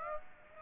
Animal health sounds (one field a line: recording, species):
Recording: mosquito wingbeat signal from an infrared sensor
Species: Aedes aegypti